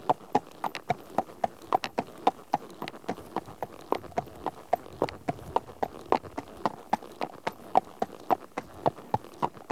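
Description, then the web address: Horse footsteps, sharp clops of a walking gait on hard ground throughout. One horse at a walk on tarmac. "BBC Sound Effects Library. One horse at walk on tarmac"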